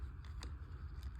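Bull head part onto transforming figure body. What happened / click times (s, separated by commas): The plastic part snapped onto its pegs / 0.4 s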